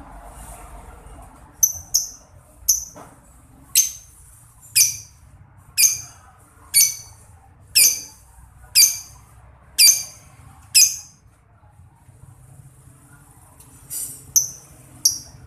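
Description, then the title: Lovebird chirps: a long, regular series of sharp, high, falling notes about once a second, a pause, then two more. Masteran therapy recording meant to make a labet lovebird quickly produce long ngekek (ngekek panjang). "Kicau Lovebird SUPER GILA !!! Terapi Masteran LABET Terbaik Agar Labet Cepet NGEKEK PANJANG"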